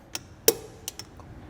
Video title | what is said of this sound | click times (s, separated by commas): Getting Started: Wheel Fasteners Overview | hear that click I'm going to go up and across down | 0.5 s